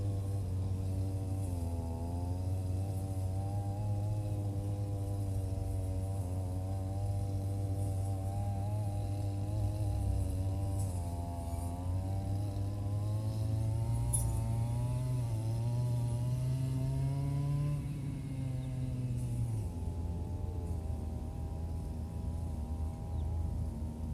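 A brush cutter runs steadily while grass is cut along rows of green onions and around the field. The engine drones low and continuous, its pitch wavering slightly and rising around 17 seconds before dropping back near 20 seconds.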